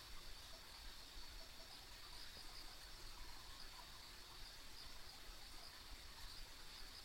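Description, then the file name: Chorus of insects: a high ringing drone with small pulsed chirps recurring irregularly, over a persistent deep rumbling hum. Ambient insect sounds recorded on a rural country road. "田舎道の虫の環境音"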